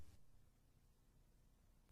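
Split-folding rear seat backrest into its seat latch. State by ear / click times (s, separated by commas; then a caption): not seated / none. A folded split-folding rear seat backrest in an E46 three-series sedan or coupe is lifted back toward its upright position and its seat latch. Only a quiet low hum and faint hiss are heard, with short soft broadband bursts near the start and at about 1.9 seconds. Nothing has latched or clicked into place yet.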